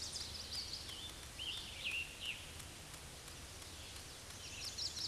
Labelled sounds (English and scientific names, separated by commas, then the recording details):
Scarlet Tanager (Piranga olivacea) song
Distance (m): 95 m
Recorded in a Pennsylvania forest on 19 May 2023 at 10:26
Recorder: AudioMoth, point grid1_32_low
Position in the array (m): 181 m, 82 m